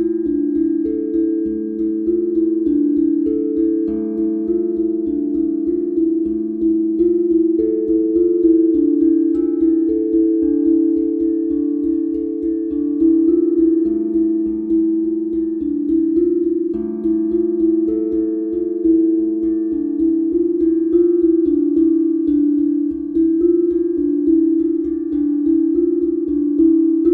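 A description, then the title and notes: A sound bath of sustained, overlapping tones that sit in a warm middle register and shift slowly between a few pitches. A soft, regular low pulse runs underneath throughout, and the overall level stays even for the whole passage. Self-Love Sound Bath.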